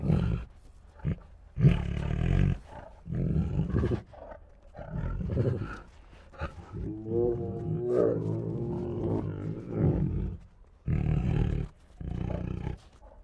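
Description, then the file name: Tiger growls in deep, rumbling bursts, with a longer tonal moan midway, then more growls separated by short pauses. Two tigers growling and moaning; grumbly growls. "Two Tigers Make Grumbly Growls and Moans [Sound Ideas]"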